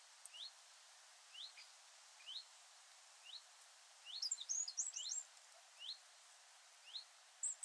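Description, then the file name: Eurasian wren calls: sharp rising high ticks repeated about once a second, with a short burst of rapid twittering in the middle. "Troglodytes troglodytes"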